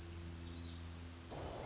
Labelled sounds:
Orange-crowned Warbler
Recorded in Sonoma County, California

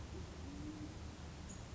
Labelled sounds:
Band-tailed Pigeon
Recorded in Sonoma County, California

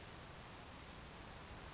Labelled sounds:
Grasshopper Sparrow
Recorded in Sonoma County, California

